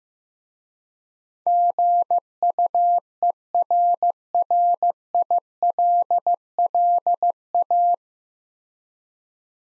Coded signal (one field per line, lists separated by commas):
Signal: Morse code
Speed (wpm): 15 wpm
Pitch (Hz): 700 Hz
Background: none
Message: GUERRILLA